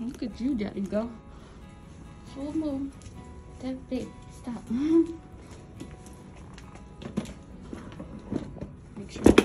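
Someone talks while a baby's infant car seat harness is fastened when leaving the hospital, pushing the harness buckle tongues into the car seat buckle. Two sharp, loud clicks close together ring out at 9.3 and 9.4 seconds as the buckle tongues latch. The harness buckle is confirmed clicked in and seated.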